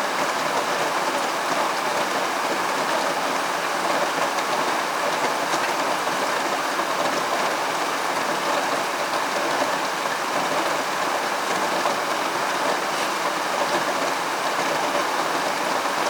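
Rain pours steadily in a plum-rain season downpour, a dense, even hiss that stays at the same level for the whole stretch. The sound is bright and crackling, with countless drops blending together and little below the mid-range. No other sounds break through.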